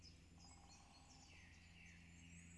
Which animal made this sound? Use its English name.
Great Spotted Woodpecker